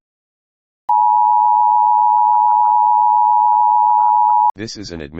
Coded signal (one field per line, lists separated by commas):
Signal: Emergency Alert System (SAME) tones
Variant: 853 and 960 Hz attention tone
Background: speech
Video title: EAS Scenario - Nuclear Attack